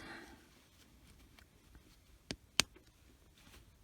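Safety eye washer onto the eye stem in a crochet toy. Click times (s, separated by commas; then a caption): 2.3 s, 2.6 s. A plastic backing washer is pushed onto the stem of a 14 mm safety eye through the crocheted yarn body of an amigurumi dinosaur. Two sharp clicks are heard at 2.3 and 2.6 seconds, the second louder, as the washer locks in place and the eye is seated.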